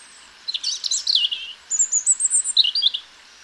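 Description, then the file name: European robin singing a varied high phrase: jumbled liquid twitters, a run of very high thin notes, then a short sparkling flourish. "Erithacus rubecula"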